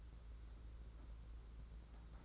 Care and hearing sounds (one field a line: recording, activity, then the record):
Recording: daily activity, microphone in the room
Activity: take from stove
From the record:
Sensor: 3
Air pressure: 991.9 hPa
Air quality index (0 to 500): 227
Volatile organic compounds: 1000 ppm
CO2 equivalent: 7790 ppm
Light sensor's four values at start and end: 27/79/32/27 and 27/79/32/27